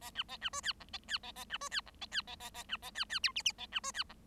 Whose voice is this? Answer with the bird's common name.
Bengalese Finch